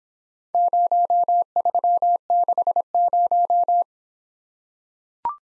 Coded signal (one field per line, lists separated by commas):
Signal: Morse code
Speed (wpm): 24 wpm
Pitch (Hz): 700 Hz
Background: none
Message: 0360